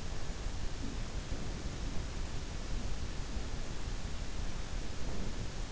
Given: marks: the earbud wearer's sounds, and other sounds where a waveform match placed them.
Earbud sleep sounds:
sounds in sleep by an in-ear microphone; breath
0.42-1.69 s: breath
4.87-5.72 s: breath

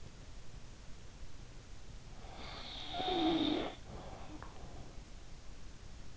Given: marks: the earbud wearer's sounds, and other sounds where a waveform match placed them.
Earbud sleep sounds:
sounds in sleep by an in-ear microphone; snoring breath
2.08-4.91 s: snoring breath

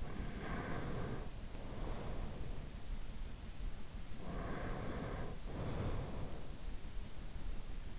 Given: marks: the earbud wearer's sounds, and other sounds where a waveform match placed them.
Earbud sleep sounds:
sounds in sleep by an in-ear microphone; breath
0.00-2.73 s: breath
4.22-6.51 s: breath

